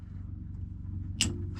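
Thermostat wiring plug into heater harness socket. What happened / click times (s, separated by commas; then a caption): The plug snapped into its socket / 1.2 s. A triangular thermostat wiring plug is pushed into its mating socket on a diesel heater harness over a steady low hum. A sharp click at 1.2 s marks the connector snapping in and seating with no problem.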